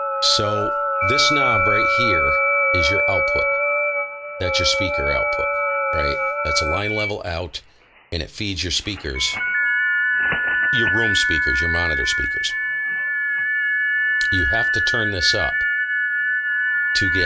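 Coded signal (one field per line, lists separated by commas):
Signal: FT8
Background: speech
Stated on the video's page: FT8 run on an Apache Labs Anan radio.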